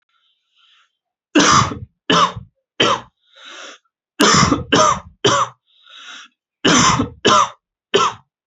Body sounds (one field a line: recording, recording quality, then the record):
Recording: heavy voluntary cough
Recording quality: excellent, no background noise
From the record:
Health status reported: healthy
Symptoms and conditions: none ticked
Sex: male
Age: 21 years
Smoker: not ticked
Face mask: not worn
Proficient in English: yes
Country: India